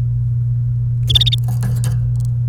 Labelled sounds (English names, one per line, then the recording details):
Domestic Canary song
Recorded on 29 April 2018 at 08:39
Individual llb3